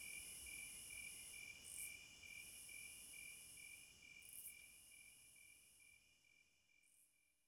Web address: Sounds of Nature Hypnotizing Forest- Wolves, Crickets, Owls and Singing Birds Midnight Concert